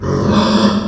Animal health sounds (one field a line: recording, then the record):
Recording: squeal of a Yucatan mini pig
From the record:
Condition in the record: after surgery on the right vocal fold (resection and tissue-engineered implant)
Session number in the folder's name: 17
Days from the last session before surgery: 195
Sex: female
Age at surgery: 19 weeks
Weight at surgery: 25 kg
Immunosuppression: prednisolone